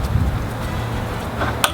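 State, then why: Seated. The two-piece dive door on the transom of a 2014 HydraSports Custom 3400 with Yamaha F300 engines is swung in and latches closed. A steady low rumble runs under the clip until a single sharp hit at 1.6 s. That hit is the door locking into place.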